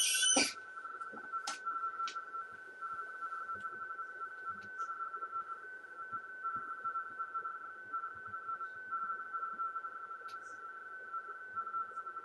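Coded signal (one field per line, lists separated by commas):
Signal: RTTY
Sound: continuous warbling tone pair near 1.4 kHz, with a few clicks and static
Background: radio static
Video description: a screen capture of the free Airlink Express software decoding a RTTY (Radio Teletype) transmission on 40 meters. The message is a bulletin from the ARRL headquarters W1AW.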